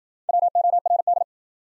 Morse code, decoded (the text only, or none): WORD